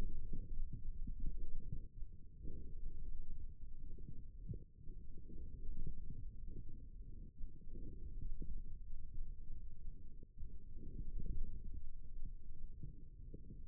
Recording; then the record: forearm muscle sounds (acoustic myography)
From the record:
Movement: forearm supination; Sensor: system 1, eight BSWA MPA416 microphones around the upper forearm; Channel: 2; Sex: male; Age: 28 years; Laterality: right